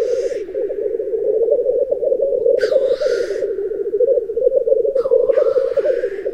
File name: black grouse